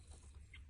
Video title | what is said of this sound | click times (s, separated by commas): KLR650 accessories wiring | bit and see how they click in so they they couldn't only sort of go in one way see it's got a little click | 0.5 s